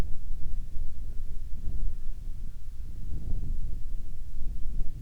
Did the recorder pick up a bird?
yes